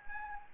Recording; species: mosquito wingbeat signal from an infrared sensor; Anopheles gambiae